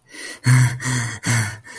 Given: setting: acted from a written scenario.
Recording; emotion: vocal sound without words; distress